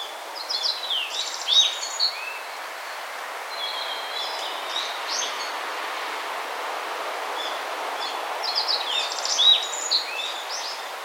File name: Emberiza sulphurata